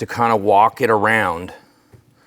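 A C-channel retaining clip is being started into the groove on top of a KS Vantage dropper seatpost cartridge and walked around by hand. Someone talks for about the first 1.5 seconds, followed by near silence with a faint soft sound around 1.9 s. Nothing has seated or clicked yet.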